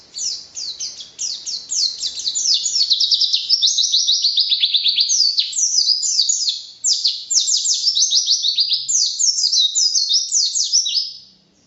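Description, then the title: White-eye singing a long, rapid, continuous stream of high descending chirps and twitters, with a brief pause near the middle before the chatter resumes. Song described as 'racun', with canary-like variations, 'tembakan' bursts and 'gacor' sustained singing; 2015. "Pleci RACUN (Variasi kenari , Tembakan , Gacor , new 2015 )"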